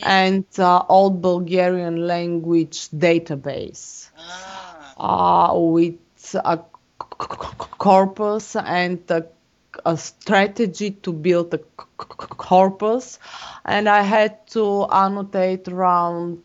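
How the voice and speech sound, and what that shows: Adult man who has stuttered since childhood, speaking with stretched sounds, a drawn-out 'uh' and long silent pauses, consistent with stuttering.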